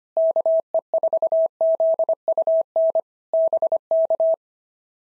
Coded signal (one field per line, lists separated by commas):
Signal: Morse code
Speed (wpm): 25 wpm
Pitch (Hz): 650 Hz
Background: none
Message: KE4ZUN BK